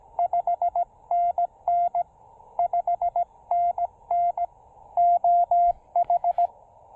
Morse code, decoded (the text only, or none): 5NN 5NN OH